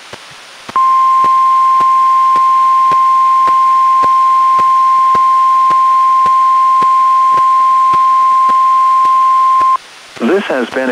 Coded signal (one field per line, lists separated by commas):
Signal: Emergency Alert System (SAME) tones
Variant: 1050 Hz attention tone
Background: speech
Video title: EAS #1012: NWR Required Weekly Test- Oct. 16, 2024- 11:47AM PDT